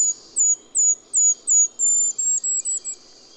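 Golden-crowned Kinglet singing a series of extremely high, thin seee notes, coming faster and breaking into a jumbled, sputtering finish.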